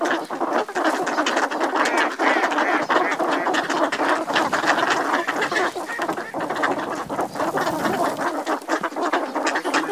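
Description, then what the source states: Northern pintail calls: a dense, continuous chorus of nasal quacks and chattering from several ducks that runs through the whole stretch without a break. Feeding ducks.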